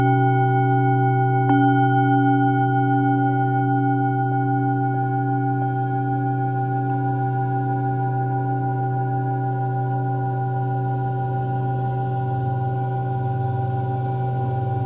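A singing bowl rings out in a long, steady drone, its low hum and several higher tones holding nearly unchanged for the whole clip, with a faint strike or touch near two seconds. A soft hiss of waves sits underneath, slightly brighter toward the end.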